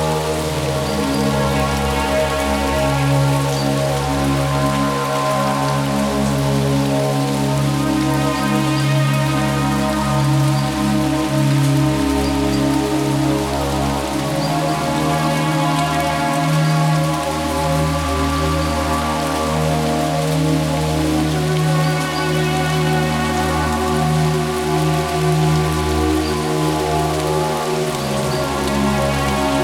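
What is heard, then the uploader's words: Rain falls steadily and densely for the whole stretch, a constant hiss with no pauses. Beneath it sits a sustained tonal hum around 555 Hz, with a deep low drone that swells and dips slowly, and brighter washes returning every few seconds. Multiverse ecoscapes - Rainy sounds. Rainy sounds #84 555 Hz.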